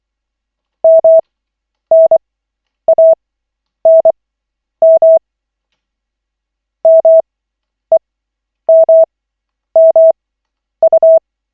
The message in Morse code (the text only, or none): MNANM MEMMU